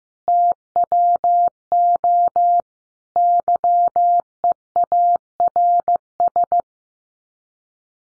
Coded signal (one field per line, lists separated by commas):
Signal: Morse code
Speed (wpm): 15 wpm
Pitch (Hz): 700 Hz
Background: none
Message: TWO YEARS